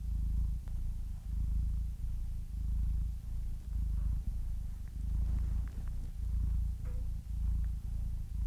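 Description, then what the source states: Domestic cat purring loudly and evenly in breath cycles, with a faint steady hum in the background. Meows of domestic cats from kittens to old cats, ranging from delicate, barely audible squeaks to full-throated meows.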